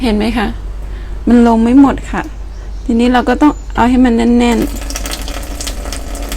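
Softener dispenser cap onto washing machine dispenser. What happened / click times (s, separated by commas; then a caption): The plastic cap is being handled but has not yet snapped into place / none. A woman talks while handling the plastic cap of the fabric-softener dispenser on a Hitachi washing machine, about to press it back on tight so it locks, because the softener has not fully drained and won't drain unless the cap is locked. After the talk, steady broadband noise continues with short handling knocks around 5.1, 5.7 and 5.9 s. Nothing has seated or clicked yet.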